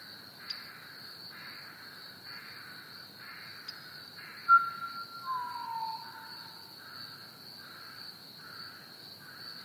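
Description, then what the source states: Pied Butcherbird whistles: a sharp short note, then a smooth descending slurred whistle, with rhythmic pulsing insect sounds and a continuous high cricket chorus. With crickets chirping.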